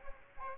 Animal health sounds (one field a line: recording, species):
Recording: mosquito wingbeat signal from an infrared sensor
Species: Aedes aegypti